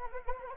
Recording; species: mosquito wingbeat signal from an infrared sensor; Anopheles arabiensis